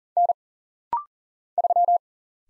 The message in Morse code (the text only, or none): N 3